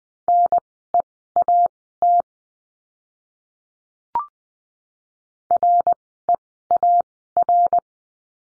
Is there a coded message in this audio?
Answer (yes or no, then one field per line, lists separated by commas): yes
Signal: Morse code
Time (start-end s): 0.3-7.8 s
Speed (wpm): 20 wpm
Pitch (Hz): 700 Hz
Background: none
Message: NEAT REAR